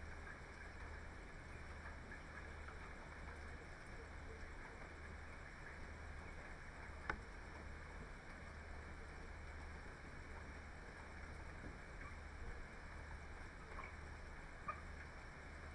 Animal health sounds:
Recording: poultry house recording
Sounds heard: healthy chickens

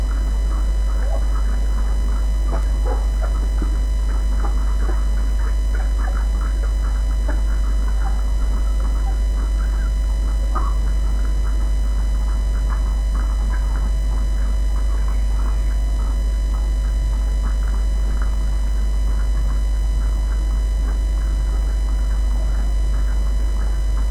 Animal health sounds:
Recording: poultry house recording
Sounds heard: sick chickens (respiratory disease)

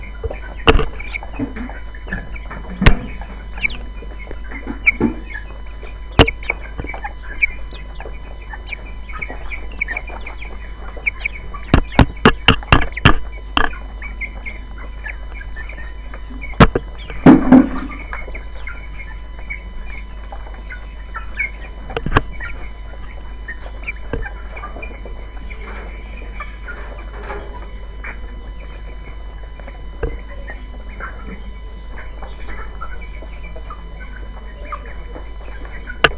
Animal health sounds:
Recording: poultry house recording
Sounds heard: background noise or bird activity such as feeding and pecking

